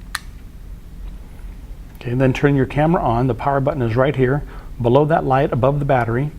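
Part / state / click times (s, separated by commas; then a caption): memory card compartment door on a camera body / seated / 0.1 s. A camera's memory card compartment door is closed after an SD card is inserted into its slot, and it snaps shut with a sharp, loud click at 0.2 s, latching the door. After a quiet stretch, someone talks from about 2 s onward.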